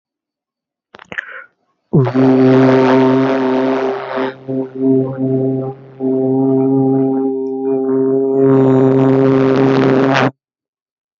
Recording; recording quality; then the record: sustained vowel as in boot; moderate, slight background noise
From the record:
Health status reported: healthy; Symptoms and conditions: none ticked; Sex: male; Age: 30 years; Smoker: yes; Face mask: not worn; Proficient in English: yes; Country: India